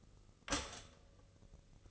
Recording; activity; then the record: daily activity, microphone in the room; stop toaster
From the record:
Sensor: 4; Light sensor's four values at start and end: 12/28/11/12 and 12/28/11/12